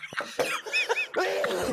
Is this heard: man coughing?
yes